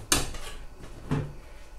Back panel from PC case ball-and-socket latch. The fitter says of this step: also pops off and